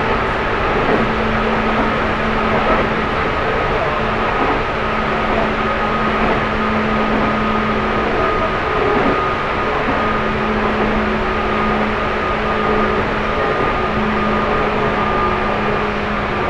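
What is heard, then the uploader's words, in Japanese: A Chuo East Line local train from Otsuki toward Takao, waiting at Shiotsu Station. A dense, even rumble runs throughout with a thin, constant high whine, while a low hum switches on and off in long stretches, roughly 1–8 seconds, then from about 10 seconds on. 中央東線普通 大月→高尾。四方津駅で特急の通過待ちで9分停車します。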